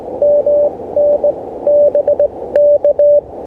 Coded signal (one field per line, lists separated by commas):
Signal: Morse code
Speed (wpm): 18 wpm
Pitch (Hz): 580 Hz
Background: none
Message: MN BK